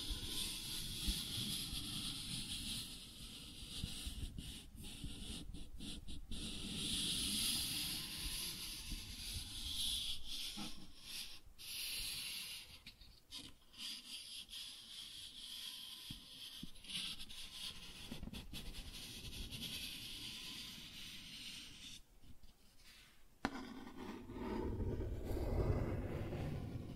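Cardboard being scratched and rubbed in a continuous rasping texture, with a low rumble underneath throughout. Short dropouts and pauses break the scraping around 5–6, 10–13 and 22–23 seconds, and a sharper, louder rough patch comes in near the end.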